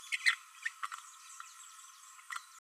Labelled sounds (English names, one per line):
Green-rumped Parrotlet babbling